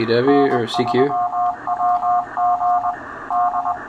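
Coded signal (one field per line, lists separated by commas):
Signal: Morse code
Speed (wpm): 20 wpm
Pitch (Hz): 720 Hz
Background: speech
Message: N3WG D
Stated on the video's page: CW sent and received in HamLog on Android through a Pigtail interface connected to a K3 transceiver.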